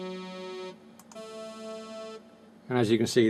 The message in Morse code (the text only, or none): none